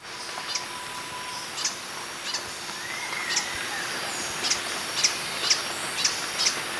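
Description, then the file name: Green hermit giving sharp, high squeaky notes in an uneven series, roughly once a second, with a soft rising whistle and a steady high hiss behind. "Phaethornis guy - Green Hermit"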